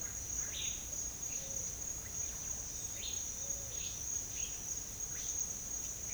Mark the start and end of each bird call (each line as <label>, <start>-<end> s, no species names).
bird call, 0.00-0.84 s
bird call, 3.00-6.13 s